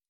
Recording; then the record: hydrophone in a shrimp aquaculture tank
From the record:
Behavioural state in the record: feeding